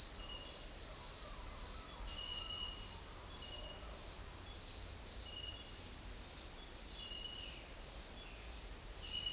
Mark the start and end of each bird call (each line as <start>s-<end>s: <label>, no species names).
0.92s-4.02s: bird call